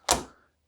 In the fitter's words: You put it in and kind of just rotate till you feel it click into place, and